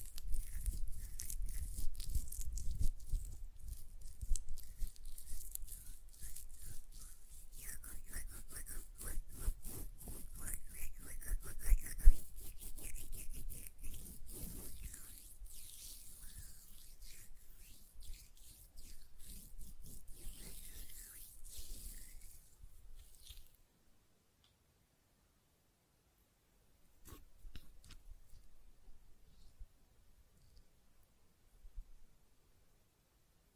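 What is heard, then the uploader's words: Gel lotion is worked between the hands, giving dense, rapid wet squishing and clicking for the first twenty-odd seconds, with a louder smack near twelve seconds. The sound thins out and stops around twenty-four seconds, leaving near silence with a few brief sticky taps near twenty-seven and thirty-two seconds. ASMR Gel Lotion Hand Sounds (No Talking).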